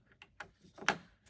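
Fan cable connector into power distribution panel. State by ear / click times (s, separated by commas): seated / 0.9 s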